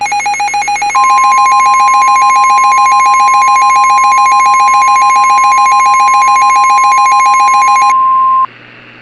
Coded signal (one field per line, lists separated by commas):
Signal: Emergency Alert System (SAME) tones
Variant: 1050 Hz attention tone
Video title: EAS SCENARIO #2 - Hyper Weather Disaster (REMASTERED)